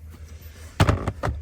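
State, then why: Seated. A wiring harness connector is pushed into a car's engine control unit and tightened until it locks. After a low background rumble, a sharp loud click lands at 0.9 s as the connector seats, followed by two more short knocks. The connector is seated.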